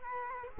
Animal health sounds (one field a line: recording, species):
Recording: mosquito wingbeat signal from an infrared sensor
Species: Culex quinquefasciatus